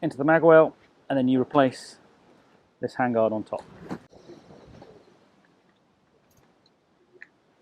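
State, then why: Seated. Someone talks, then refits the top handguard cover of an ASG Mk13 airsoft sniper rifle over the magazine well after the magazine goes in, pressing it down. Faint handling noises follow, and a sharp click at 7.2 seconds marks the cover latching into place.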